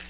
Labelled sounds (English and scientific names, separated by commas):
Yellow-rumped Warbler (Setophaga coronata) flight call